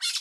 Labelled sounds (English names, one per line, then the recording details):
Brown-throated Parakeet contact call
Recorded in Curacao
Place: Hoffi Jan Thiel
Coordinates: 12.094, -68.877